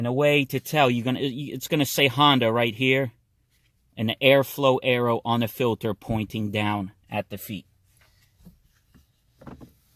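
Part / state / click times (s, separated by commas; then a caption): cabin air filter tray into the HVAC housing behind the glove box / not seated / none. Someone talks while handling the plastic cabin air filter tray, holding a new filter with its airflow arrow pointing down, for the HVAC housing behind the glove box of a 2009–2013 Honda Fit/Jazz. After the talking stops, faint handling noises follow, with two soft ticks at about 9.4 and 9.5 seconds. Nothing has seated or clicked yet.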